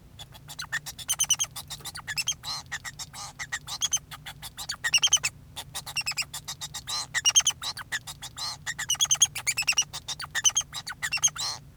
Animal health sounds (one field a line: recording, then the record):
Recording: song of a male Bengalese finch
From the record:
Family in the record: son of father 2